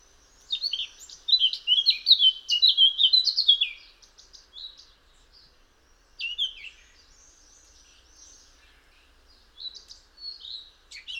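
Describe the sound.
Eurasian blackcap singing a rapid, chattering warble, followed by shorter, quieter scratchy fragments after long pauses.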